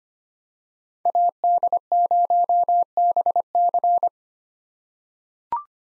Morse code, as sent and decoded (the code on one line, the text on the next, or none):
.- -.. ----- -... -.-.
AD0BC